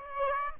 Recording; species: mosquito wingbeat signal from an infrared sensor; Aedes aegypti